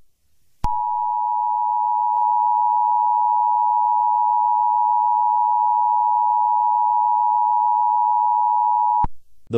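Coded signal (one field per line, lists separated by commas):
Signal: Emergency Alert System (SAME) tones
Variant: 853 and 960 Hz attention tone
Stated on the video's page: Fictional EAS scenario.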